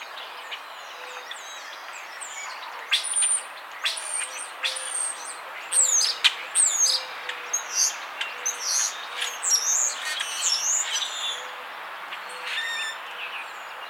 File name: Quiscalus quiscula - Common Grackle